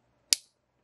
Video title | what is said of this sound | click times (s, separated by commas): HK Army EVO TFX Metal Speed Feed - Review | you want to make sure that that goes all the way in, and you'll hear it snap, and that is locked in there. | 0.3 s